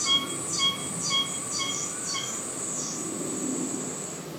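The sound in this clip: Oshima cicada calling in rapid buzzy pulses with clipped tonal notes, then trailing off into a single fading rasp.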